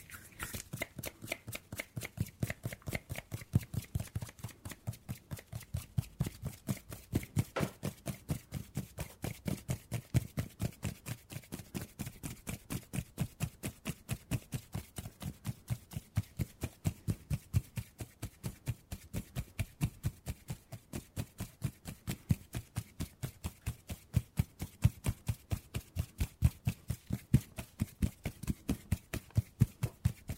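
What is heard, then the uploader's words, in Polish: Hand sounds for ASMR: rapid, steady tapping and rubbing clicks, several each second, with soft low thumps under a crisp crackle throughout. ASMR DŹWIĘKI DŁONI 40 MINUT! 50+ DŹWIĘKÓW.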